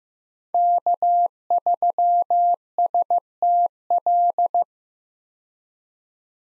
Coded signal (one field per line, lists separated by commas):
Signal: Morse code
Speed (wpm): 16 wpm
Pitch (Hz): 700 Hz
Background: none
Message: K3STL